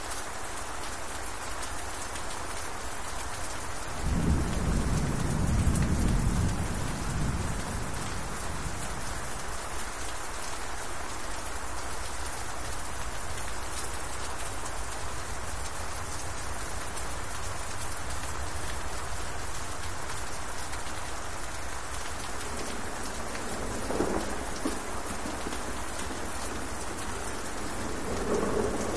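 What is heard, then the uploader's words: Steady, dense rain hisses throughout, with a low rumble of thunder swelling around five to seven seconds and softer rumbling near the end. Rain On Castle With Thunder And Lightning.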